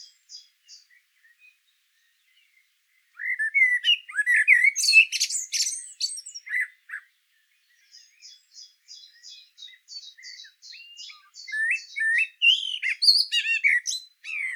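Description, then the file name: Common blackbird singing: a few faint notes, then loud mellow warbling with harsh twittering, a run of high chirps, and another fluted phrase. "Turdus merula"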